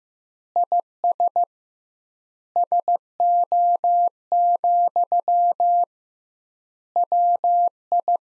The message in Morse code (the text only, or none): IS SO, WI